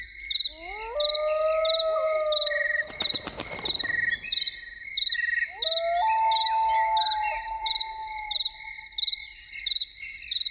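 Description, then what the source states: Loon giving two long wails, the first rising and held, the second pitched slightly higher, with a brief rustling noise between them and constant pulsing crickets behind. Evening.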